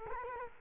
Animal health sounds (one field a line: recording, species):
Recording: mosquito wingbeat signal from an infrared sensor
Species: Culex quinquefasciatus